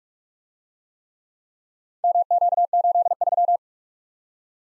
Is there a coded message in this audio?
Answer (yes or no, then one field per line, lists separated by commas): yes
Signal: Morse code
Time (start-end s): 2.0-3.6 s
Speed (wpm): 51 wpm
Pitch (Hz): 700 Hz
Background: none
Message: MQ83